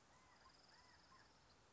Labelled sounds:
California Quail (Callipepla californica)
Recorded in Sonoma County, California

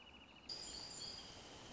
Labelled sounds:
Wrentit (Chamaea fasciata)
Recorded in Sonoma County, California

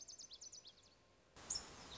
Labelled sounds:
Lazuli Bunting (Passerina amoena)
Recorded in Sonoma County, California

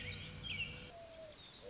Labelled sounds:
Mourning Dove (Zenaida macroura)
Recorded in Sonoma County, California

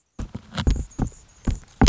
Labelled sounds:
Anna's Hummingbird (Calypte anna)
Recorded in Sonoma County, California

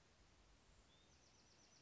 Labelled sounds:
Bewick's Wren (Thryomanes bewickii)
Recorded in Sonoma County, California

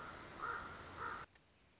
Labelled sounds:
Common Raven (Corvus corax)
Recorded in Sonoma County, California

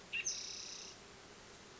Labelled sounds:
Spotted Towhee (Pipilo maculatus)
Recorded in Sonoma County, California

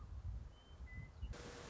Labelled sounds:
Western Meadowlark (Sturnella neglecta)
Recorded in Sonoma County, California

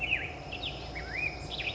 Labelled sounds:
Black-headed Grosbeak (Pheucticus melanocephalus)
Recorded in Sonoma County, California

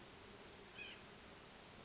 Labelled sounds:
White-breasted Nuthatch (Sitta carolinensis)
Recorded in Sonoma County, California

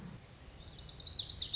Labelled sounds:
Lazuli Bunting (Passerina amoena)
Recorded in Sonoma County, California

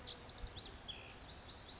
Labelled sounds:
Blue-gray Gnatcatcher (Polioptila caerulea)
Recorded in Sonoma County, California

